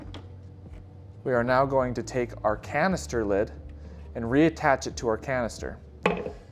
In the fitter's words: then turn clockwise until you hear a click.